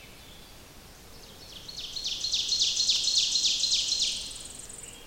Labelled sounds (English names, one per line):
Ovenbird song